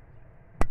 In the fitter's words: sucește spre dreapta până face clic dupa care se pune un